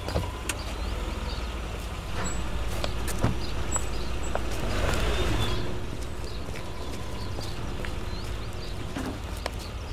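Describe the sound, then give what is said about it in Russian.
A car engine rumbles steadily and swells briefly midway as the car drives in through the gates into a yard, with scattered clicks and crunches over the drone and faint bird chirps above. No one speaks. “Машина выезжает во двор”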